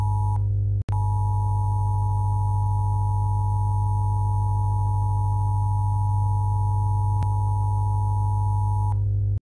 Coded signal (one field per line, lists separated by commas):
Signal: Emergency Alert System (SAME) tones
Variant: 853 and 960 Hz attention tone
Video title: Macau EAS Alarm (ALT)